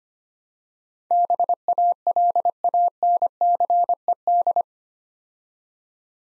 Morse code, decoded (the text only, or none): BALANCED